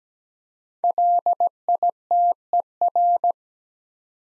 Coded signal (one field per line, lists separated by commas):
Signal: Morse code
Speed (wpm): 17 wpm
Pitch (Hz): 700 Hz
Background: none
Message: LITER